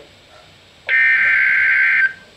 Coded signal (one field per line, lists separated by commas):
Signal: Emergency Alert System (SAME) tones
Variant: header bursts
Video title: 2 Severe T-Storm Warnings (EAS #1,153-1,154)